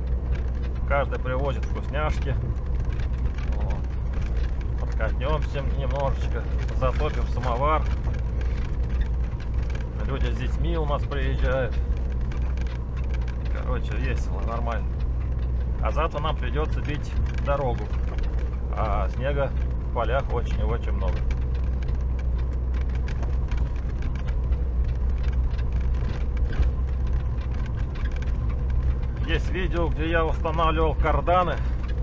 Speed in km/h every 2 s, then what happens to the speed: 20, 19, 19, 20, 20, 19, 19, 19, 19, 20, 20, 19, 20, 20, 20, 20.
0-32 steady at about 20.